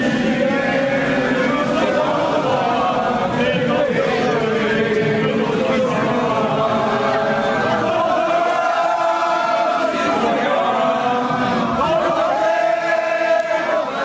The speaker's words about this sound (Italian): Ieri sera questa Marseillaise... Sì, sono i tifosi francesi che escono dallo stadio,